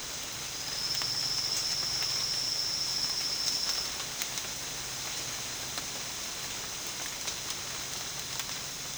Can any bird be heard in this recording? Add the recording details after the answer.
no. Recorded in secondary vegetation near Puerto Asís, Putumayo, Colombia, on 30 June 2025 at 12:30. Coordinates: 0.498, -76.327. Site GP09